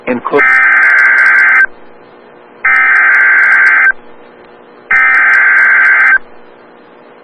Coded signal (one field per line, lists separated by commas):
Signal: Emergency Alert System (SAME) tones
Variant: header bursts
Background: speech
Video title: Severe Thunderstorms Warning EAS 2404